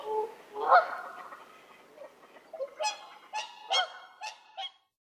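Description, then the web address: Whooper swan honks, a few trumpeting notes with the loudest early on, then after a quieter pause a series of shorter bugling calls that then stop. "Sangsvane"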